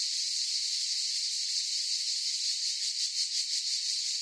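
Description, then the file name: Cicadas in a dense buzzing chorus, a steady high hiss with faint rapid pulsing throughout. Forest chorus of cicadas. "gain walkers CICADAS Forest Chorus"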